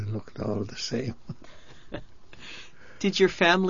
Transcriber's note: chuckles